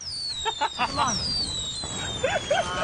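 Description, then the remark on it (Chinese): A fireworks sound effect, prepared by the hosts of a music chart show during a phone call to go with a song that has entered the chart: long whistling tones sliding downward over a steady crackling hiss, with bursts of sparkly pops early on and again near the end. “系啊，所以已经准备咗个 effect 送俾你，好衬你呢一首歌噶。如果你几多岁？ 有烟花。”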